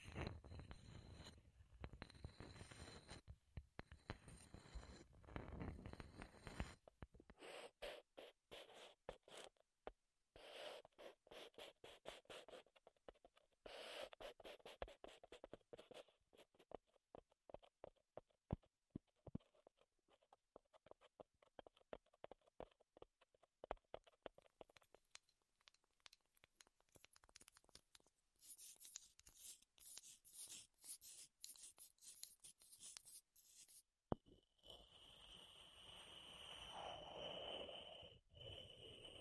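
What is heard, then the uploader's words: ASMR wood triggers: a dense rustling scrape for the first seven seconds gives way to quick, irregular tapping and scratching clicks that continue through most of the clip. Near the end, after a sharp knock around 34 seconds, a steadier hissing scrape takes over. ASMR Wood Triggers in Your Ears (No Talking).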